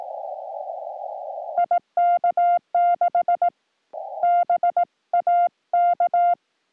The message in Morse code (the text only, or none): IK6BAK